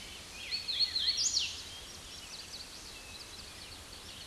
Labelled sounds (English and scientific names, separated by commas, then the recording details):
Hooded Warbler (Setophaga citrina) song
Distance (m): 10 m
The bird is about 5 m above the microphone
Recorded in a Pennsylvania forest on 16 May 2024 at 07:07
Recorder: AudioMoth, point MSD-2181
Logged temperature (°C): 12.8 °C
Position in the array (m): 156 m, 120 m